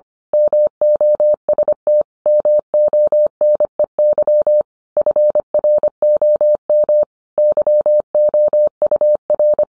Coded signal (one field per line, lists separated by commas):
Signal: Morse code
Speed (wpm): 25 wpm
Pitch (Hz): 600 Hz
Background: none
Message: MOST MONEY FROM YOUR